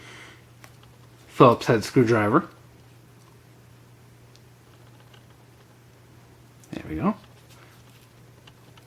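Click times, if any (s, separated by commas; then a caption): 8.5 s. A Phillips screwdriver on the back of a multi-tool pocket knife is folded back into the handle and snaps shut on its backspring. Someone talks, and small faint clicks follow before the tool seats with a sharp snap at 8.5 s. The snap sounds good and clean.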